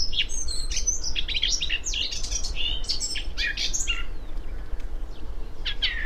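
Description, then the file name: Eurasian blackcap giving a dense, scratchy warble for about four seconds, then a few scattered sharp notes, over constant low-pitched background noise. "Sylvia atricapilla"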